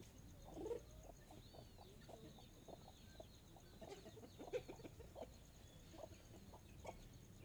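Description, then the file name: Chicken giving short repeated clucks and cackles against a soft low background hum. Hens cackling in the late afternoon, with a distant car. "Galinhas cacarejando em fim de tarde com carro longe"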